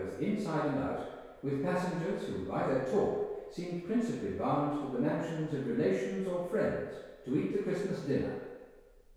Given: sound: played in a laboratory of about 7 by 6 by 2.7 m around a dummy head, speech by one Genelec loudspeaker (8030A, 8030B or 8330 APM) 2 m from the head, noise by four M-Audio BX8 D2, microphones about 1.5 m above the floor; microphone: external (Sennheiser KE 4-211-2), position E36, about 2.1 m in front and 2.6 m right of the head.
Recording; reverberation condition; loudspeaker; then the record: male speech in English; high; 60 degrees to the right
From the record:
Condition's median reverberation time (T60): about 1300 ms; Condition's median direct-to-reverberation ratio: about -4.0 dB